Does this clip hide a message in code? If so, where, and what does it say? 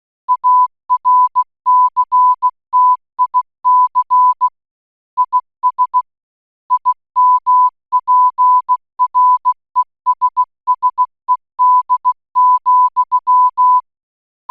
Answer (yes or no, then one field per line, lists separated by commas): yes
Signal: Morse code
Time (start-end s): 0.3-13.8 s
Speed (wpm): 16 wpm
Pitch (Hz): 1000 Hz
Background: none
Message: ARCTIC IS IMPRESSED,